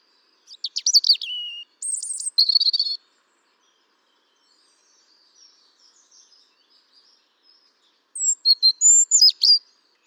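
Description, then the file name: European robin song in two bursts: high, tumbling phrases at the start, a long near-silent gap, then a fresh cascade of thin, varied notes. "Erithacus rubecula"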